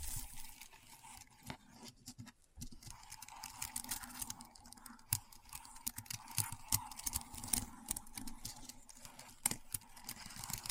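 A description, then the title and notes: Keyboard typing fills the clip with rapid, irregular clicks and taps over a steady low hum, briefly pausing around two and a half seconds. ASMR Keyboard Sounds (No Talking).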